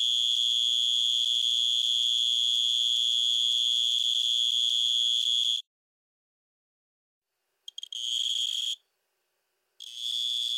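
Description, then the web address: Two-spotted tree cricket giving a steady, unbroken high trill for over five seconds, then silence and two shorter trilled bursts. "Crickets and Katydids. Twospotted Tree Cricket, Neoxabea bipunctata"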